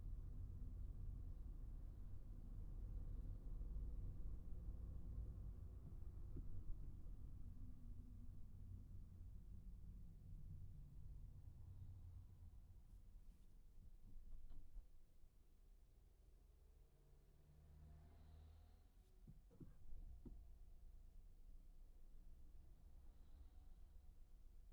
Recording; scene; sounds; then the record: everyday scene through a hearing-aid microphone; in a vehicle; engine, traffic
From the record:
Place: Skoda Fabia, gasoline engine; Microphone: behind the ear, right, rear